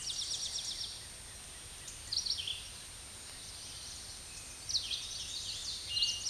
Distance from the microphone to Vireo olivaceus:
about 35 m